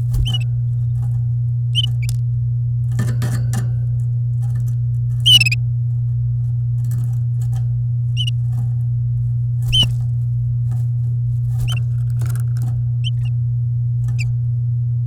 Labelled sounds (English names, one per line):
Domestic Canary song